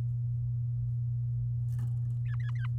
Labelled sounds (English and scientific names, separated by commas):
Domestic Canary (Serinus canaria) song